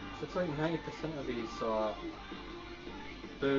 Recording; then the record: background sound without coughing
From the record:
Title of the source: BackgroundMusic